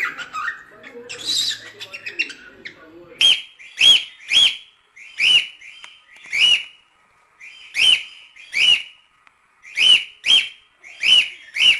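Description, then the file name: Cockatiel whistling: after soft chatter, a series of loud, sharp whistled notes, singly and in pairs. Lutino colour form; singing. "canto da calopsita lutino"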